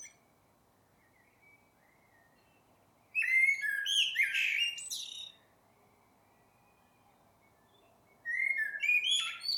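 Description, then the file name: Eurasian blackbird song with quiet low notes, then a rich mellow warble topped by scratchy high twitters, a long pause and another phrase starting. "Turdus merula"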